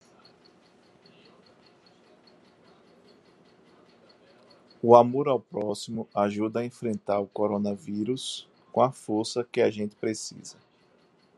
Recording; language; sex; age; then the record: spoken sentence; Brazilian Portuguese; male; 40 to 49 years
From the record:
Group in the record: control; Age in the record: 49 years